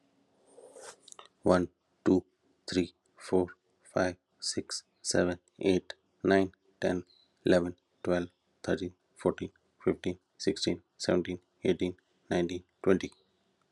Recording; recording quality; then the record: counting at a normal pace; excellent, no background noise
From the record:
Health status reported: healthy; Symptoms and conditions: diabetes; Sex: male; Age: 45 years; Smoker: not ticked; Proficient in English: yes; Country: India